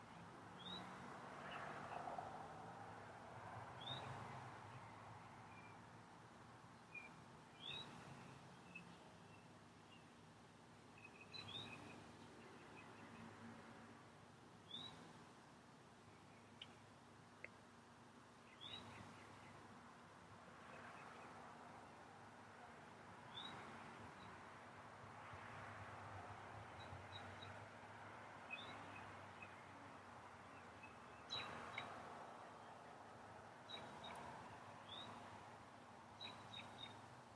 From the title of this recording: Birds of Spring